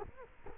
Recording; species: mosquito wingbeat signal from an infrared sensor; Culex quinquefasciatus